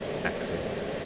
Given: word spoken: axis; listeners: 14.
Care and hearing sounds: one English word in noise, from a listening test; speech-shaped noise; -4.4 dB; 4 of 14; 10 of 14; 0.65 s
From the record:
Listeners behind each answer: 10, 4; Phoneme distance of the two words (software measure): 10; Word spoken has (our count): 2 syllables, 5 phonemes, stress on syllable 1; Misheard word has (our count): 2 syllables, 5 phonemes, stress on syllable 1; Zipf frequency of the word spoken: 3.25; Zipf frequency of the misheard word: 4.75

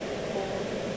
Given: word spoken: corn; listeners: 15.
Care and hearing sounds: one English word in noise, from a listening test; speech-shaped noise; -4.9 dB; 0 of 15; 8 of 15; 0.57 s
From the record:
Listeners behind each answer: 8, 2, 2, 1, 1, 1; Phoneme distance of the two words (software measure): 10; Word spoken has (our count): 1 syllable, 3 phonemes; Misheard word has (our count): 1 syllable, 3 phonemes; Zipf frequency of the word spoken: 3.94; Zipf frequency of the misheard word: 5.05

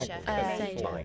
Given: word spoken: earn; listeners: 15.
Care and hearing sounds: one English word in noise, from a listening test; four-talker babble; 0.2 dB; 2 of 15; 8 of 15; 0.65 s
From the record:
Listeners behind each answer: 8, 3, 2, 1, 1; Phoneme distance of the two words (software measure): 10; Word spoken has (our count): 1 syllable, 2 phonemes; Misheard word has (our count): 1 syllable, 2 phonemes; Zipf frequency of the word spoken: 4.36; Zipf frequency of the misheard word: 5.00

